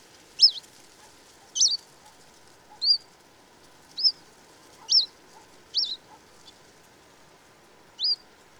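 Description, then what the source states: Bird giving thin whistled wheeoo calls, each a short sharp slur, repeated several times at irregular intervals over a quiet background. Wheeoo calls of a presumed first-winter bird.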